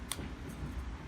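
A replacement UV tube is turned in its end socket on a Pest Soldier Upgraded 20W Electronic Bug Zapper until it snaps and locks into place. A single sharp, bright click sounds at 0.1 s over a quiet low rumble. The bulb is seated and locked in the socket.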